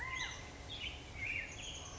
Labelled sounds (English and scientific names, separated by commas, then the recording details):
Chestnut-backed Chickadee (Poecile rufescens)
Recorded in Sonoma County, California